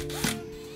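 A 10.8 V slide-on Li-ion battery pack is handled against the plastic handle base of a Stanley SCDI12S2 cordless drill, with a short scraping bump at about 0.2–0.3 s over a steady background hum. The clip ends before the battery goes home, so nothing has seated or clicked yet.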